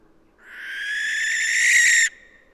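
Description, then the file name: Western barn owl giving a single long, harsh, hissing screech of under two seconds, steady and slightly strengthening toward its abrupt end, with quiet background. "Western Barn Owl Tyto alba"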